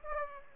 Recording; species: mosquito wingbeat signal from an infrared sensor; Aedes aegypti